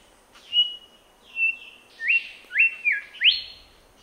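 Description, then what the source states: Grey whistler call: a series of clear whistled notes, some steady and some sharply rising upslurs, given at uneven intervals. Papua New Guinea.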